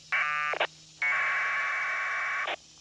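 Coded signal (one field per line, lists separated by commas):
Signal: packet radio (AX.25, as in APRS)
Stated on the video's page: APRS packet from a Mobilinkd Bluetooth TNC connected to a Raspberry Pi and a handheld radio, in a portable field station.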